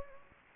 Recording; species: mosquito wingbeat signal from an infrared sensor; Anopheles gambiae